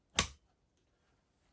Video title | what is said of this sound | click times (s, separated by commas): Pastel Blue Sebo E3 Premium Cylinder Vacuum - Unboxing & Thoughts | line that up and click that in place as well | 0.2 s